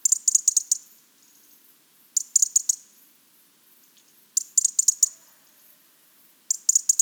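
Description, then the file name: European robin sounding dense bursts of rapid, high metallic ticks, four runs spaced about two seconds apart. "Erithacus rubecula"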